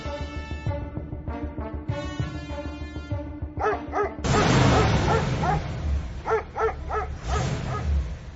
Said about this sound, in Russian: Залаяли собаки.